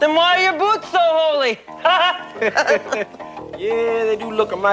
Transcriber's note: laughter